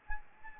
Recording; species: mosquito wingbeat signal from an infrared sensor; Anopheles arabiensis